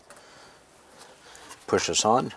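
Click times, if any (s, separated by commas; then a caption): none. On a 2006–2012 Honda Civic fuel pump and sending unit assembly, the second fuel line quick connector has its tabs lined up with the notches on the sides before it is pushed onto the fuel pump module port. Faint handling noises come at about 0.1 and 1.4 seconds, and someone talks from about 1.7 seconds. Nothing has clicked or seated yet.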